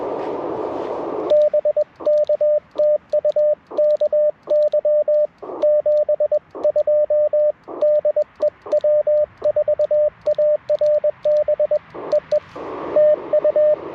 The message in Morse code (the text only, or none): BK TU KY 72 DE W4ARB EE TU